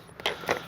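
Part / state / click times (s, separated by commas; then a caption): nose cone onto RC jet fuselage / seated / 0.5 s. A plastic/foam nose cone is pressed onto the front of the fuselage of an FMS 64mm Rafale RC jet. A faint tap at about 0.2 s comes before a sharp pop at 0.5 s, when the nose cone seats in place.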